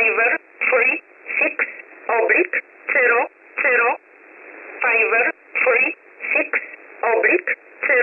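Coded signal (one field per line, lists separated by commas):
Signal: numbers station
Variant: E11 Oblique, English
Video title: 16 03 2022 Number station E11 Oblique in English to Eu 0900 on 9968 Warsaw USB mode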